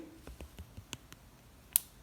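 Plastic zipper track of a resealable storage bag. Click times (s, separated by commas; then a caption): 0.3 s, 0.4 s, 0.6 s, 0.9 s, 1.1 s, 1.8 s. Fingers and thumb slide along the plastic press-seal zipper track of a resealable storage bag, pressing the two interlocking plastic ridges together. A series of faint clicks sounds at 0.3, 0.4, 0.6, 0.9 and 1.1 seconds, then a much louder, sharper click at 1.8 seconds. The clicks show the bag seal is closing shut.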